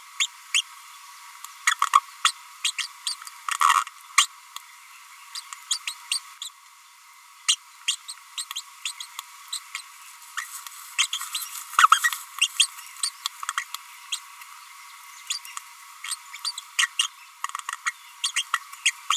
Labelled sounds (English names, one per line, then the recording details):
Green-rumped Parrotlet babbling
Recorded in a nest box in Venezuela
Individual 18B25A3